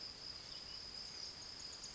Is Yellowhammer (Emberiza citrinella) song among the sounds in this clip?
no